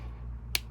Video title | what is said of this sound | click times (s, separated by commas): Transformer Studio Series DEVASTATOR Review with Explained Transformation Guide and Comparisons | make sure you bring it out all the way till it snaps in place. | 0.5 s